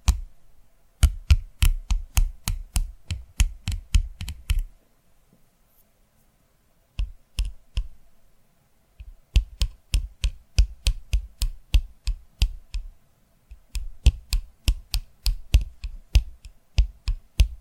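Sharp tapping comes in quick bursts of crisp clicks, each strike bright on top with a soft thump underneath, something like typing on a keyboard. The runs pause near 5 and 8 seconds before resuming at a steady, slightly uneven pace.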